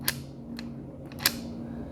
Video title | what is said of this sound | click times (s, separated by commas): Open a Locked Door Without a Key in Under 5 Seconds - Locksmith Recommended | into the out position you hear that click when that | 1.3 s